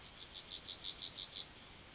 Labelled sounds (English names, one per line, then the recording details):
Yellowhammer song
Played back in forest
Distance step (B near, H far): C
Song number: 170